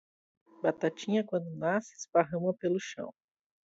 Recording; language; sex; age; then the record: short text; Brazilian Portuguese; female; 40 to 49 years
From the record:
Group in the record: control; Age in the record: 47 years